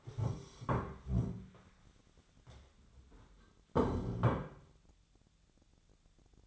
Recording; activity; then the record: daily activity, microphone in the room; stand up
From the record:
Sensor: 3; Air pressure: 1015.2 hPa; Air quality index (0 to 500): 156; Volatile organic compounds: 10 ppm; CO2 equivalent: 2225 ppm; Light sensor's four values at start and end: 15/40/16/17 and 15/39/15/16